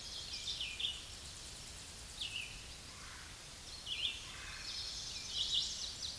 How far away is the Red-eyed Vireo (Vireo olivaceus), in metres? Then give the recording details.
about 30 m. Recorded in a Pennsylvania forest on 16 May 2024 at 07:18. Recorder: AudioMoth, point MSD-2429. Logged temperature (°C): 16.7 °C. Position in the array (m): 105 m, 75 m